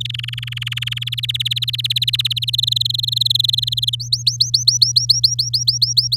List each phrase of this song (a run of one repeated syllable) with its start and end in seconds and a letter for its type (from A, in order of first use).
0.00-1.04 A, 1.06-2.50 B, 2.53-3.95 C, 4.00-6.16 D